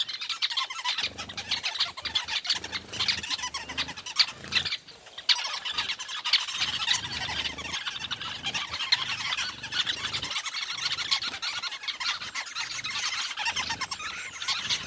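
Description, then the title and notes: Weaver colony chatter, continuous loud overlapping squeaky and harsh notes from many birds throughout. Recorded at a large weaver nest in Etosha National Park, Namibia. "Secret Life Of A Weaver Nest. a large Weaver nest in Etosha NP, Namibia"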